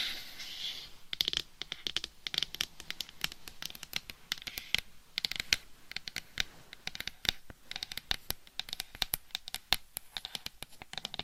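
Gentle tapping and scratching: quick, crisp taps in an irregular, fairly dense stream, like fingertips on a hard surface. The first second holds a soft, hissy scratch before the tapping begins, and light scratchy strokes recur between bursts of taps.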